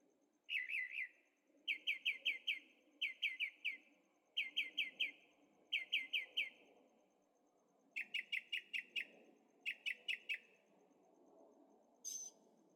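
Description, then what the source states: Bird song: rapid series of four or five chirped notes repeated in steady phrases, over a low rumbling engine-like background, ending with a thin high note. Birds singing at night in Carefree, Arizona, with an occasional distant motorcycle; recorded in stereo on a Zoom H6.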